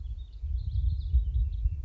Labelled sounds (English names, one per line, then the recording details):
Warbling Vireo
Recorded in Sonoma County, California